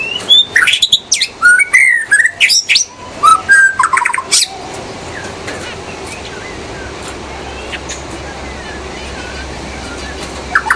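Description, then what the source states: White-rumped shama song: a rapid run of loud whistles, clicks and trills for about four seconds, followed by quiet background with faint notes. In the forest.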